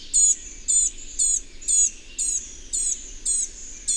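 Bird song as a series of high, clipped chirps spaced roughly half a second apart, evenly repeated, with a quiet low rumble underneath.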